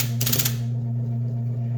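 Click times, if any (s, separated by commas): none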